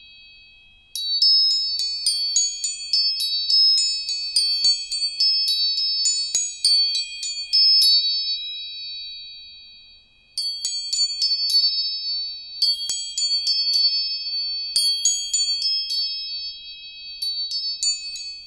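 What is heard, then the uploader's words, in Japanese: Tuning forks ring in steady, bright high tones while rapid clinking strikes shimmer above, pausing near eight seconds and resuming around ten. 音叉チューニング全体性。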